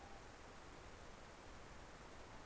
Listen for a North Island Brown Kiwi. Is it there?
no